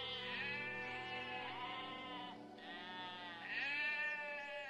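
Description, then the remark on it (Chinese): A Pyrenean ibex, a species that went extinct in 2000, bleats twice in long, wavering, nasal cries, each rising and then trailing off, loud and alone with no other sounds around them. “比利牛斯山羊于2000年灭绝”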